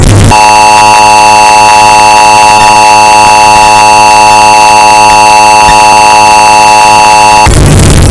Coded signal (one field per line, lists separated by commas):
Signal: Emergency Alert System (SAME) tones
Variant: 853 and 960 Hz attention tone